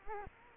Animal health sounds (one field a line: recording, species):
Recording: mosquito wingbeat signal from an infrared sensor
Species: Culex quinquefasciatus